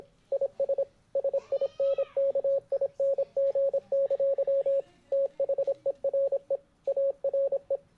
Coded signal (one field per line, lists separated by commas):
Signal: Morse code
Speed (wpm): 26 wpm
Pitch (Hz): 550 Hz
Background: radio noise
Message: IS SINKING! THERE ARE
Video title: Morse Code